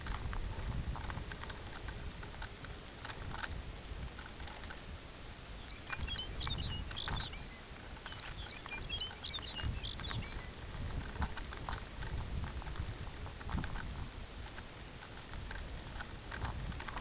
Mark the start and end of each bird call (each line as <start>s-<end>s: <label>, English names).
1.15s-2.98s: Pectoral Sandpiper
5.42s-10.59s: Lapland Longspur